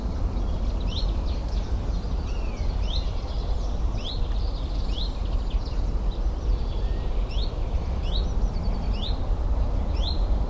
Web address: Alexander birds Common Chiffchaff , Zilp Zalp